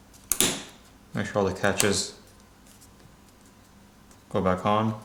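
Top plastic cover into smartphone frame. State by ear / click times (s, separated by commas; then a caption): seated / 0.3 s, 0.4 s. The top plastic cover of a 2017 Motorola Moto G5 (5th Generation) smartphone is pressed over the board into the phone frame, and its catches snap into place with two sharp clicks at 0.3 and 0.4 seconds. Afterward, someone talks, and the cover is seated.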